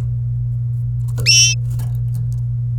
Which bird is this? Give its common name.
Domestic Canary